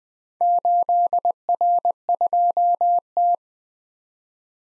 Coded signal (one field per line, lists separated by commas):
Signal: Morse code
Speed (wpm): 20 wpm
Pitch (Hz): 700 Hz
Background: none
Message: 8R2T